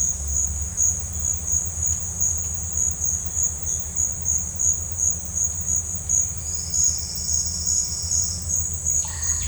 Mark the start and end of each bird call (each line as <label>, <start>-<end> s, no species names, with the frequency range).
bird call (4.0-5.9 kHz), 6.43-8.41 s
bird call (0.5-5.4 kHz), 8.93-9.47 s